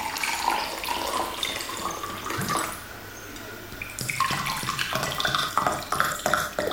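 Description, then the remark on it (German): A large still water is poured into two glasses with a steady, splashy trickle that dips quietly in the middle, then resumes with bright little clinks and gurgles. No one speaks. “Ein großes Wasser, still, zwei Gläser.”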